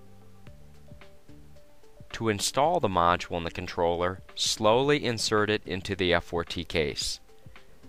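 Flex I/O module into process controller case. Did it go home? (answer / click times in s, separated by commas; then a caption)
no / none. A plug-in flex I/O module for a Watlow F4T process controller is being slowly slid into its slot in the plastic controller case, with the tab on its bottom lined up with the groove in the case. Someone talks over a faint background tone, with a few soft ticks before and after. The module is still being handled and is not yet home; nothing has seated or clicked yet.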